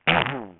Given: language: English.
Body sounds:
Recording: throat vibration sensor signal played as sound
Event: throat clearing

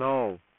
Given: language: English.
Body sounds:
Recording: throat vibration sensor signal played as sound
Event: speech

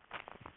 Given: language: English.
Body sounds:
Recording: throat vibration sensor signal played as sound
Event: swallow

